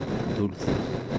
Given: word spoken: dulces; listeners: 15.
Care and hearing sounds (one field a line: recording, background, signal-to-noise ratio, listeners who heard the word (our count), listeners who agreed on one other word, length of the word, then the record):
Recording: one Spanish word in noise, from a listening test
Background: noise modulated by three-talker babble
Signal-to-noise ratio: -3.1 dB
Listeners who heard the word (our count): 2 of 15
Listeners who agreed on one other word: 9 of 15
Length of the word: 0.79 s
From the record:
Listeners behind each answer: 9, 2, 2, 1, 1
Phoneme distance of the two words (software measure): 7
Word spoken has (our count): 2 syllables, 6 phonemes, stress on syllable 1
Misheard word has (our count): 2 syllables, 5 phonemes, stress on syllable 1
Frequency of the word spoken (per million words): 14.24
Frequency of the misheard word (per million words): 40.10